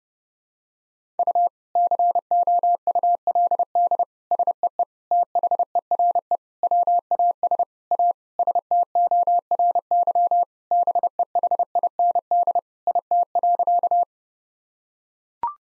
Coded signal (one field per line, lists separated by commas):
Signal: Morse code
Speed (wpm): 30 wpm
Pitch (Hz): 700 Hz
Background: none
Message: U COULD SEE THERE WAS A STORY BEHIND IT.